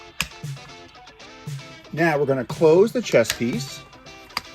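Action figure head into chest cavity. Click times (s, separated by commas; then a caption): 0.2 s. During the robot-to-truck conversion of a plastic action figure, the toy robot head is pushed down into the chest cavity. One sharp, loud, short click at 0.2 s shows it has seated. Someone then talks, and another short hit comes at 4.4 s.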